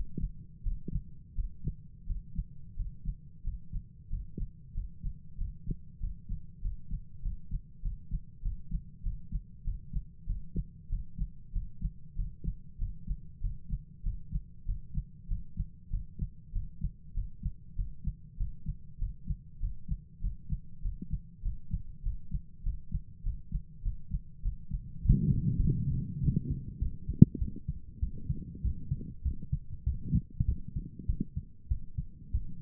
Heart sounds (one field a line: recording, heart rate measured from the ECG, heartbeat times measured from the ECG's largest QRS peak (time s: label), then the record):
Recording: heart sounds by stethoscope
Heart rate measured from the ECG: 97 bpm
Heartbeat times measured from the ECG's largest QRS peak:
0.63 s: heartbeat
1.35 s: heartbeat
2.06 s: heartbeat
2.75 s: heartbeat
3.43 s: heartbeat
4.09 s: heartbeat
4.73 s: heartbeat
5.37 s: heartbeat
5.99 s: heartbeat
6.61 s: heartbeat
7.21 s: heartbeat
7.81 s: heartbeat
8.42 s: heartbeat
9.02 s: heartbeat
9.63 s: heartbeat
10.26 s: heartbeat
10.89 s: heartbeat
11.52 s: heartbeat
12.15 s: heartbeat
12.78 s: heartbeat
13.40 s: heartbeat
14.02 s: heartbeat
14.65 s: heartbeat
15.27 s: heartbeat
15.90 s: heartbeat
16.52 s: heartbeat
17.13 s: heartbeat
17.75 s: heartbeat
18.36 s: heartbeat
18.98 s: heartbeat
19.59 s: heartbeat
20.20 s: heartbeat
20.81 s: heartbeat
21.42 s: heartbeat
22.02 s: heartbeat
22.62 s: heartbeat
23.22 s: heartbeat
23.82 s: heartbeat
24.42 s: heartbeat
25.02 s: heartbeat
25.61 s: heartbeat
26.20 s: heartbeat
26.78 s: heartbeat
27.38 s: heartbeat
27.99 s: heartbeat
28.61 s: heartbeat
29.22 s: heartbeat
29.83 s: heartbeat
30.45 s: heartbeat
31.06 s: heartbeat
31.68 s: heartbeat
32.31 s: heartbeat
From the record:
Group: healthy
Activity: breath hold 0-26 s, rest 26-33 s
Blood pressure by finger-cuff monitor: 98/69 mmHg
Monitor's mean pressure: 78 mmHg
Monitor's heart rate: 98 bpm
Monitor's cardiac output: 7.4 L/min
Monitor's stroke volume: 76 mL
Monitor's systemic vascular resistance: 770 dyn s/cm5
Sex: male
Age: 19 years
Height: 178 cm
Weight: 83 kg